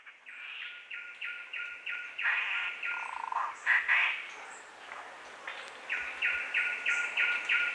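Fluffy-backed tit-babbler: repeated quick notes, a louder jumbled chatter in the middle, then another even run of short notes, over a steady thin tone.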